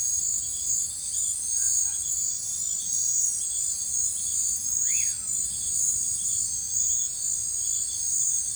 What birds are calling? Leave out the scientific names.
Common Pauraque